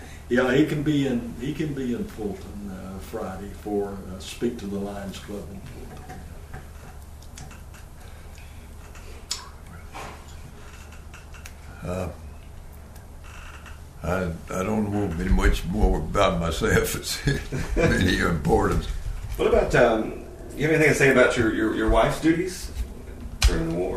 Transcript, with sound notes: Yeah he could be in, he could be in Fulton Friday for to speak to the Lions Club.
I, I don’t know there’ll be much more about myself [Chuckling] of any importance.
What about…do you have anything to say about your, your wife’s duties…during the war?